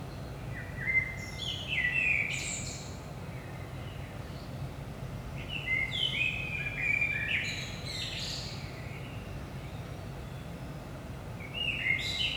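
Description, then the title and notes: Common blackbird song: several mellow warbled phrases with thin high squeaky endings, separated by pauses of a few seconds, low background hum throughout. Recorded at 5 am in early morning in Saint-Gilles, Belgium, using a DPA 4060 microphone pair in AB position into a Zoom F3 recorder. "Saint-Gilles, Belgique - 5am Blackbird. Blackbird in the morning. Merle au petit matin"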